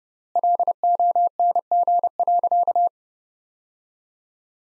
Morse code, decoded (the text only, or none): LONG.